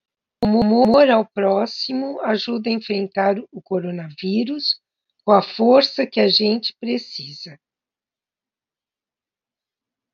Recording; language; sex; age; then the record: spoken sentence; Brazilian Portuguese; female; 60 to 69 years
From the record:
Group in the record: control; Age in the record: 66 years